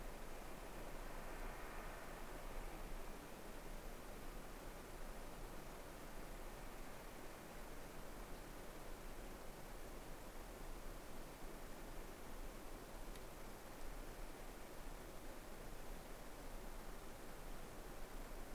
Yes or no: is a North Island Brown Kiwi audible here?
no